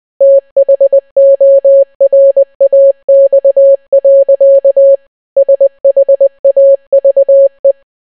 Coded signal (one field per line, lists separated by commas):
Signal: Morse code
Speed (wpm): 20 wpm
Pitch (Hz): 550 Hz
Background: none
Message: THORAX. SHAVE